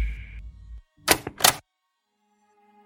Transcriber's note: record player clicks